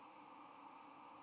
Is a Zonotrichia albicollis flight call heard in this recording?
no